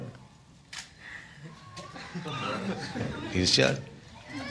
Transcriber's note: laughter